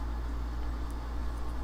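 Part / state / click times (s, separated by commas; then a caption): plastic model kit part into its socket / not seated / none. A plastic model kit part is being handled and pressed toward its socket, with a steady low hum and broadband background noise throughout and no distinct transients. The clip ends before the part goes home, and nothing has seated or clicked yet.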